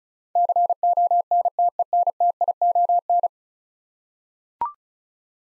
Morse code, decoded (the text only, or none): CONTENTION